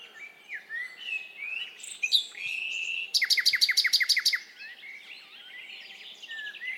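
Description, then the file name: Common nightingale song: varied whistled phrases, then a rapid burst of about nine sharp, loud downslurred notes lasting just over a second, followed by quieter notes. "Luscinia megarhynchos"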